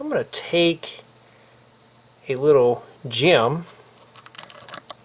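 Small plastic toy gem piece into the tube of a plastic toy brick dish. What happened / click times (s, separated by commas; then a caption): Small plastic piece being handled, not yet seated / none. Someone talks while handling a small transparent plastic gem piece, about to press it into the hollow tube at the centre of a plastic LEGO 2x2 dish to simulate water for a garden fountain. Light plastic clicks and taps sound from about 4.4 to 4.9 s as the piece is handled. Nothing has seated or snapped into place yet.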